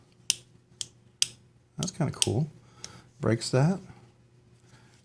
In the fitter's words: let's see yeah it's got a nice kind of clicked sound to it you hear that